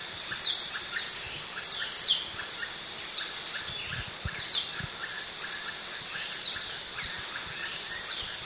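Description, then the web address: Fulvous shrike-tanager repeating quick, high downslurred notes at irregular intervals, some fainter between louder ones, above a steady whining insect chorus. Recorded in the eastern lowlands of South America. "Natures Songs S America Eastern Lowlands. Fulvous Shrike-Tanager"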